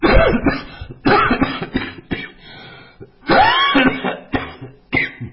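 About six harsh, bursting coughs in a row, each fading off, from an adult in a small room.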